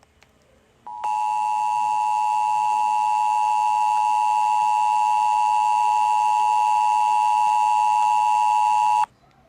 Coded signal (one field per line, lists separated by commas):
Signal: Emergency Alert System (SAME) tones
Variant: 853 and 960 Hz attention tone